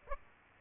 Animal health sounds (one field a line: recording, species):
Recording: mosquito wingbeat signal from an infrared sensor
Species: Aedes aegypti